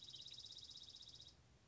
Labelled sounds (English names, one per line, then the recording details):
Dark-eyed Junco
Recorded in Sonoma County, California